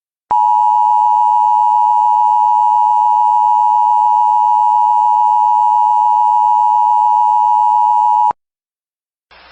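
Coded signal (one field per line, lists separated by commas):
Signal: Emergency Alert System (SAME) tones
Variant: 853 and 960 Hz attention tone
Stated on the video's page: Compilation of EAS alerts: severe thunderstorm warnings, a required weekly test, a blizzard warning and a tornado watch.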